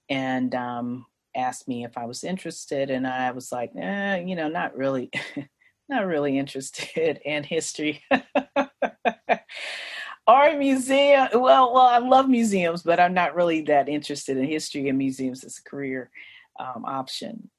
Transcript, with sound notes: She asked me if I was interested, and I was like, eh, you know, not really. Not really interested in history [laughs] Or museums! Well, I love museums but I'm not really interested in history or museums as a career option.